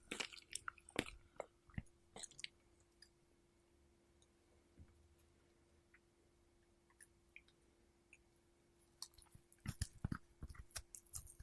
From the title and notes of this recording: ASMR Strawberry Eating Sounds.